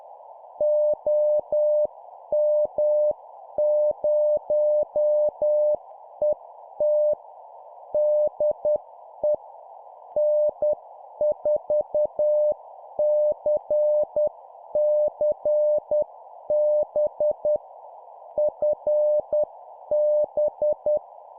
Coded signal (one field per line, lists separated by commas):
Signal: Morse code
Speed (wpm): 10 wpm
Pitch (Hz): 600 Hz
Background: none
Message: OM0ET DE N4CCB FB